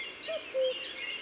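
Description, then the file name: Common cuckoo calling a single hollow cu-coo. The second note drops slightly below the first, over a faint chorus of other birds. "Coucou gris ABC des chants doiseaux"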